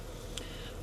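A Lexus IS250's plastic cabin air filter cover is pressed home into the HVAC housing, and its clips give a second short, sharp snap at 0.4 s over a steady low background hum. The cover is seated.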